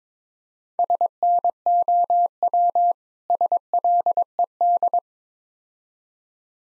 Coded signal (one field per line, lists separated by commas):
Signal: Morse code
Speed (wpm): 22 wpm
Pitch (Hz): 700 Hz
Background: none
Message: SNOW SLED